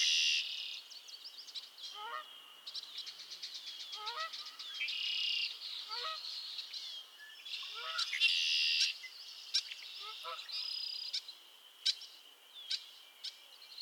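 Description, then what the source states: Frog chorus of rapid pulsed trills and buzzy bursts, with a lower stacked call repeated about every two seconds beneath. Chorus of frogs calling to one another on a summer evening at Miners Marsh, Annapolis Valley, Nova Scotia.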